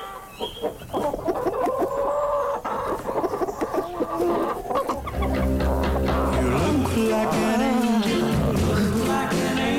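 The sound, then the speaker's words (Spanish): A rooster clucks in a busy string of short, choppy calls, then lets out a drawn-out, wavering crow as a steady low drone rises underneath in the second half. “Esta es la historia de un gallo que se levantaba a 10 y media, 11 de la mañana.”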